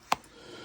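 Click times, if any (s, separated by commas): 0.1 s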